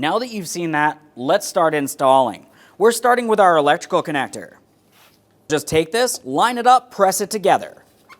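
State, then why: Not seated. Someone talks while a plastic wiring harness connector is lined up with the socket on a new headlight assembly for a 2014-2018 Mazda 3, ready to be pressed together. Nothing has seated or clicked yet.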